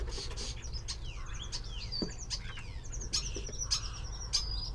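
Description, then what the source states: Common Starling song: sliding whistles, rapid clicking trills and sharp chirps in quick succession, over a low background rumble. A single bird producing many sounds: various phrases and notes, with mimicry.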